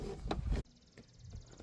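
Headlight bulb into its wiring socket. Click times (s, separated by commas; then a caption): 0.3 s. A new headlight bulb for a 2010–2014 Subaru Outback is pushed onto the wiring socket the old bulb was pulled from, and it snaps fully home at 0.3 s. The bulb is not symmetric, so it seats only one way round. A sharp click stands out over steady handling noise in the first 0.6 s, followed by quieter background and a faint tick near 1.0 s.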